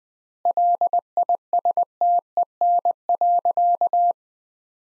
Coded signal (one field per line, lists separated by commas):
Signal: Morse code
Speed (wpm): 20 wpm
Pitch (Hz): 700 Hz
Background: none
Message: LISTEN.